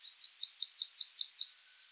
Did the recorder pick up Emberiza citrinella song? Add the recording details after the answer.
yes. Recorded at under 5 m from the bird. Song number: 104